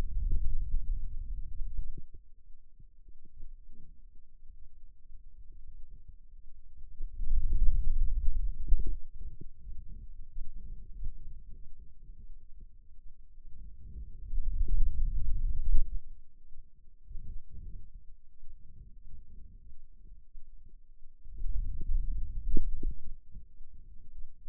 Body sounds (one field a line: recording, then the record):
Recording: forearm muscle sounds (acoustic myography)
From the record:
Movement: hand opening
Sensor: system 2, bracelet of six BSWA MPA416 microphones around the upper forearm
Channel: 2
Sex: male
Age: 22 years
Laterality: right